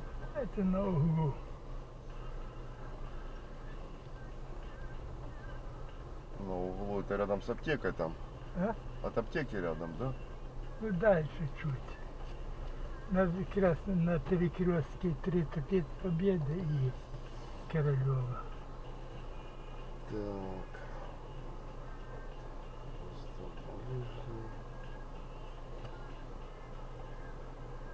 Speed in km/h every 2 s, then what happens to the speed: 4, 2, 4, 2, 2, 2, 3, 2, 2, 0, 0, 0, 0, 0.
1-28 standing.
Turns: none.